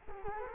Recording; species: mosquito wingbeat signal from an infrared sensor; Culex quinquefasciatus